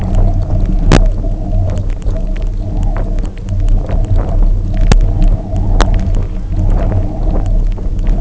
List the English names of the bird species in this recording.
none